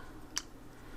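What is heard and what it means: A second earbud cover is fitted onto a headset ear piece and snaps into place with a single sharp, bright click at 0.4 s against a quiet background. The cover is seated.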